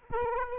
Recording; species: mosquito wingbeat signal from an infrared sensor; Aedes aegypti